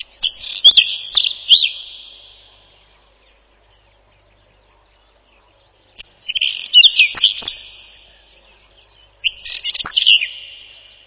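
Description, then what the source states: Whinchat gives three short bursts of mixed scratchy and whistled notes, the first separated from the others by a long pause. Song described as a short twittering trill; lives in meadows with tall grass and shrubs, clearings and felled areas.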